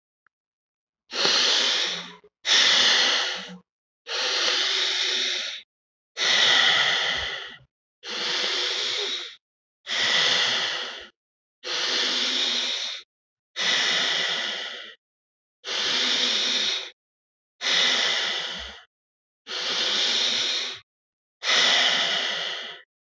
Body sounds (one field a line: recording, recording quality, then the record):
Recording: deep breathing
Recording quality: excellent, no background noise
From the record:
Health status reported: healthy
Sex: male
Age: 29 years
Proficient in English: yes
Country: India